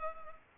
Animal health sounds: mosquito wingbeat signal from an infrared sensor; Culex pipiens

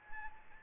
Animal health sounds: mosquito wingbeat signal from an infrared sensor; Anopheles gambiae

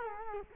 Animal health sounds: mosquito wingbeat signal from an infrared sensor; Culex quinquefasciatus

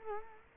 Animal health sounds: mosquito wingbeat signal from an infrared sensor; Culex quinquefasciatus

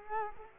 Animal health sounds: mosquito wingbeat signal from an infrared sensor; Culex quinquefasciatus

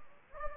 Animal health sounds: mosquito wingbeat signal from an infrared sensor; Anopheles gambiae

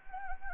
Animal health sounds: mosquito wingbeat signal from an infrared sensor; Anopheles gambiae

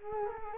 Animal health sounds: mosquito wingbeat signal from an infrared sensor; Culex quinquefasciatus

